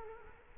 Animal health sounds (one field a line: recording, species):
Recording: mosquito wingbeat signal from an infrared sensor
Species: Culex quinquefasciatus